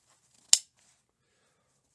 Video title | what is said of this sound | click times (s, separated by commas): MCS vs Surplus | locks in place | 0.5 s